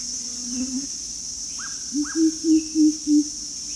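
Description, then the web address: Greater coucal giving a series of four deep, even hoots at about three per second, with a short lower note before; downslurred whistles and a steady high buzz behind. Recorded 1 April 2006. "DANUM. 20060401 greater coucal"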